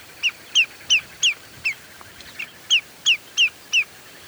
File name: lesser yellowlegs by jeremy minns